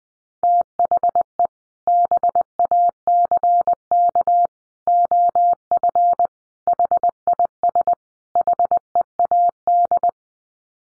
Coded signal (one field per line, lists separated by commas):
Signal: Morse code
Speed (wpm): 20 wpm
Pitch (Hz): 700 Hz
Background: none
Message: THE BACK OF HIS HEAD